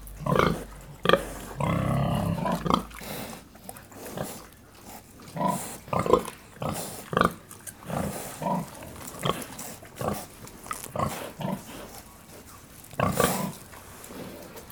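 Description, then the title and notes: Pig grunts and snorts, a longer rough burst early on followed by many short irregular grunts of varying loudness. Black sow nursing her six piglets at Cascina Pasque' farm, Besnate, Italy, 11 December 2018. "Besnate - Cascina Pasque' - 20181211-Un maiale nero con i suoi sei maialini in atto di allattamento"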